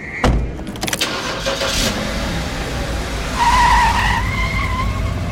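A taxi pulls away in La Paz with a broad engine rumble, a sharp door-like thump at the start, then rising tyre squeal and whining tones as it accelerates off, steady and fairly loud throughout.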